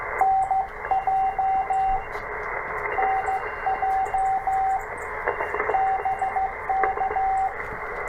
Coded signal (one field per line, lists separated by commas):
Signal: Morse code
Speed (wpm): 15 wpm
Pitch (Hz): 770 Hz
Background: radio noise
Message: NJ NJ BK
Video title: CW Copy Practice With W4EMB 7 July